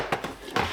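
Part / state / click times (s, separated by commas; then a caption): side wall of a folding plastic storage tote / seated / 0.6 s. Someone pulls up on the side wall of a Vevor foldable plastic storage tote. Two lighter knocks come at 0.1 s and 0.2 s, then a sharp pop at 0.6 s as the wall snaps up and locks into place.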